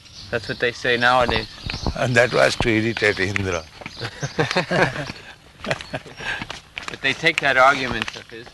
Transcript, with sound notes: That's what they say nowadays.
That was to irritate Indra. [laughter]
But they take that argument of His.